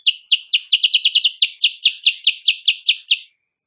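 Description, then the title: Sooty-headed bulbul song: a rapid series of many short, bright chirped notes, closer together in the middle, ending abruptly. Kutilang Sutra type; singing actively (gacor) in the morning; tutor recording (masteran) for training songbirds, said to make rival birds answer. "Masteran Kutilang Sutra. Kutilang Sutra GACOR pagi hari bikin lawannya AUTO NYAUT"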